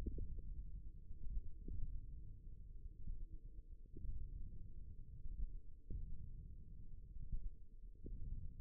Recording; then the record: forearm muscle sounds (acoustic myography)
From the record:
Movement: wrist extension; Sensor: system 1, eight BSWA MPA416 microphones around the upper forearm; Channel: 1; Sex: male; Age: 54 years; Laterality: right